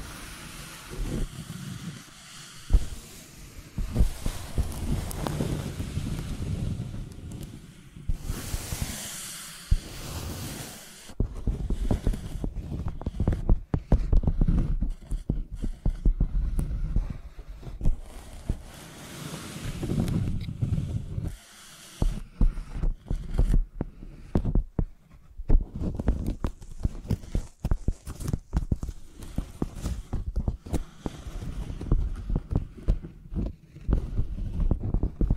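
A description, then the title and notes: A microphone is dragged and rubbed like a pencil, making dense, irregular scraping and thumping with a deep rumble underneath. Sharp clicks and scratches come in quick clusters, a bright hissing swipe appears around eight to ten seconds, and brief pauses break the handling. Using Mics as Pencils (No Talking).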